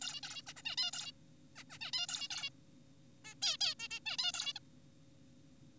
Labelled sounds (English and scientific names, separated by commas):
Zebra Finch (Taeniopygia guttata)